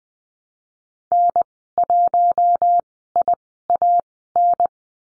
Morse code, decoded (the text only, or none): N1IAN